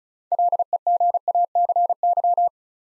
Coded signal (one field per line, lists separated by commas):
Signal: Morse code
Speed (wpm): 36 wpm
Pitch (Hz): 700 Hz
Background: none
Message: LEGACY